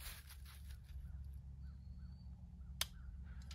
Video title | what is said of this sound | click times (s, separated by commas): How to set beaver traps using long chains. | when I hear that click that night latch | 2.8 s